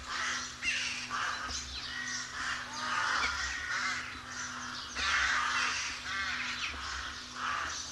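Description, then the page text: Rooks keeping up a loud chorus of grating caws and gruff croaks, many birds calling at once in uneven surges. Rook colony. "Б. Вепринцев - Голоса весны (1970) - Колония грачей"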